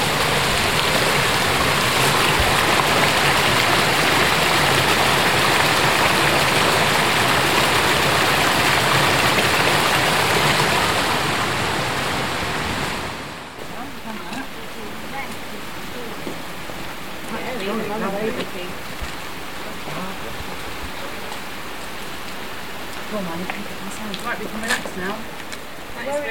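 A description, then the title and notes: Water runs over old rocks in a secluded stream, at first a dense, loud rush that fills the sound. About halfway through it drops to a quieter flow, where separate gurgles and splashes come through over a softer steady wash. The relaxing sounds of a secluded part of Dartmoor where the water runs over aged rocks.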